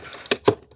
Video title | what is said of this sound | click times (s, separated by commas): Robot Vacuum That Surprised Me! 😲 Dreame D9 Max Gen 2 Full Review & Cleaning Demo | a little tricky. You should hear a click clicked. | 0.3 s